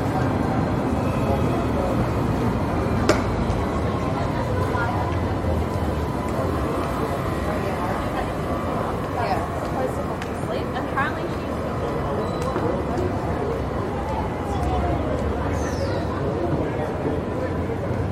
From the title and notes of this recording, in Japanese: シドニー市内 Townhall の騒音。そのメインストリートのGeorge street にて行き交う人々を眺めながらゆっくり過ごします。